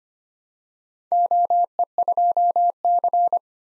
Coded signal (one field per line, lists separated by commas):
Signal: Morse code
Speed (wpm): 25 wpm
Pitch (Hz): 700 Hz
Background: none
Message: OE2C